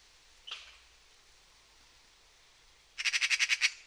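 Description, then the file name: Eurasian magpie chatter: one faint isolated harsh note early, then after a pause a fast rattling burst of several rasping notes. "Pica pica"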